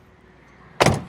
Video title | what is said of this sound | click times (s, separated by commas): Kerala police ന്റെ bolero review എടുക്കാൻ ചോദിച്ചപ്പോൾ 😳😱 | ലോക്ക് ആയിട്ടില്ല ലോക്ക് ആവണെങ്കിൽ കുറച്ചും കൂടി ഒന്ന് ഹാർഡ് പ്രസ്സ് ആയിട്ട് അടച്ചാലാണ്ത് ലോക്ക് ആവുള്ളൂ | 0.8 s